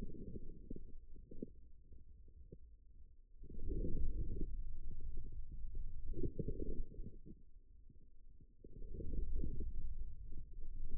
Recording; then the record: forearm muscle sounds (acoustic myography)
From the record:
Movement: inward rotation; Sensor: system 2, bracelet of six BSWA MPA416 microphones around the upper forearm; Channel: 6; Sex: male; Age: 22 years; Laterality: right